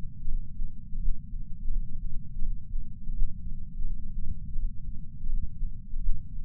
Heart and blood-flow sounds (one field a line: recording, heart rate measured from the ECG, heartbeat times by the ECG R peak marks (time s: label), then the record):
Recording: heart sounds by patch sensor on the chest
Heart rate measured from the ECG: 84 bpm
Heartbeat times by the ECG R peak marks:
0.28 s: heartbeat
1.00 s: heartbeat
1.71 s: heartbeat
2.42 s: heartbeat
3.14 s: heartbeat
3.85 s: heartbeat
4.56 s: heartbeat
5.29 s: heartbeat
6.01 s: heartbeat
From the record:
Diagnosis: coronary artery disease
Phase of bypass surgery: postoperative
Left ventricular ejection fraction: 59.9%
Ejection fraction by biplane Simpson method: 56%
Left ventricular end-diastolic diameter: 50 mm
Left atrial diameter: 38 mm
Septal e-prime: 8.6 cm/s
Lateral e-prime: 8.8 cm/s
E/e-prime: 7.7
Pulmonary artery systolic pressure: 23 mmHg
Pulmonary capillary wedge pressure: 16 mmHg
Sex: male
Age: 69 years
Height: 160 cm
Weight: 69 kg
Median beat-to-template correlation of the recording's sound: 0.74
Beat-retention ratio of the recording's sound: 0.99